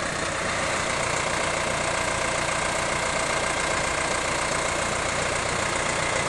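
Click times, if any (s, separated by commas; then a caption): none. A New Holland T4050 tractor is driven forward into its steel loader frame, lining up the loader mount before the mounting pins engage. Only steady engine and vehicle noise is heard throughout, with no sharp sounds. Nothing has seated or clicked yet.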